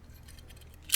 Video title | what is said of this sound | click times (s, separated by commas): Magguts: Sig 365XL +2 and Tactical Development Pro Ledge | pops into place now from here | 0.9 s